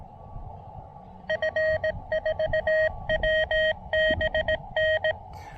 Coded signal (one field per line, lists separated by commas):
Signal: Morse code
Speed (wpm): 18 wpm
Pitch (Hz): 590 Hz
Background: none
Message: F4WBN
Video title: Low-Profile POTA: Pairing the Elecraft KX2 & AX1 at the Plains of Abraham in Quebec City!